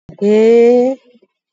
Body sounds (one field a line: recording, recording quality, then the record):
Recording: sustained vowel as in made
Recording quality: excellent, no background noise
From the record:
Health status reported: COVID-19 positive, mild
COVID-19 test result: positive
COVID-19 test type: RT-PCR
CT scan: not taken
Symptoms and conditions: cough, fatigue, loss of smell and taste, hypertension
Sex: female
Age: 48 years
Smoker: no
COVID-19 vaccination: none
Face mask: worn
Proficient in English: yes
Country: India